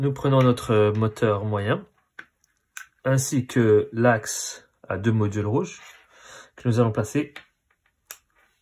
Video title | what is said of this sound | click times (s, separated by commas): Construction du robot Milo - Partie 1 | l'intérieur comme si on entend le petit clic puis nous allons y rajouter une poulie donc | 8.1 s